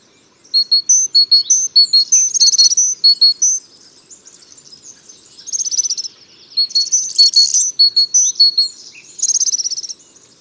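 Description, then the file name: Great tit calls, rapid series of high chirping notes in bursts separated by short pauses, with harsher buzzy elements among them. "Parus major"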